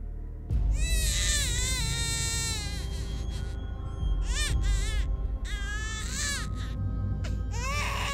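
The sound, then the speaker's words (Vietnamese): A baby, struck in the face by a large stone, shrieks and cries loudly in long, high-pitched wails, breaking into about four quavering bursts with rising and falling pitch over a steady low rumble. “Chỉ cho đến khi một hòn đá to văng vào mặt đứa bé, đột nhiên khuôn mặt của nó vặn vẹo, sau đó nó ré lên. Âm thanh tiếng khóc của nó nghe rợn cả người.”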